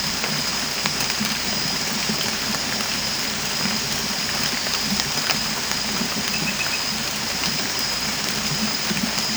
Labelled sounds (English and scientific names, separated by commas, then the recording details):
none
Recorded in dense forest near Puerto Asís, Putumayo, Colombia, on 18 December 2024 at 23:30
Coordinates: 0.484, -76.317
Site G026